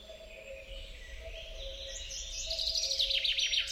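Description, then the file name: Common chaffinch song partly heard, with a quick trill building toward the end against low steady background noise. "Fringilla coelebs"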